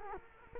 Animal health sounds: mosquito wingbeat signal from an infrared sensor; Culex quinquefasciatus

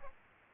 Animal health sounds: mosquito wingbeat signal from an infrared sensor; Aedes albopictus

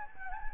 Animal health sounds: mosquito wingbeat signal from an infrared sensor; Anopheles gambiae

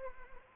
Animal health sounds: mosquito wingbeat signal from an infrared sensor; Anopheles arabiensis

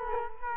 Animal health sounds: mosquito wingbeat signal from an infrared sensor; Culex quinquefasciatus

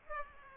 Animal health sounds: mosquito wingbeat signal from an infrared sensor; Aedes aegypti

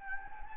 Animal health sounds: mosquito wingbeat signal from an infrared sensor; Anopheles gambiae

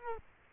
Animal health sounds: mosquito wingbeat signal from an infrared sensor; Culex quinquefasciatus

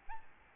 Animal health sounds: mosquito wingbeat signal from an infrared sensor; Aedes albopictus

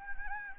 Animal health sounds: mosquito wingbeat signal from an infrared sensor; Anopheles gambiae

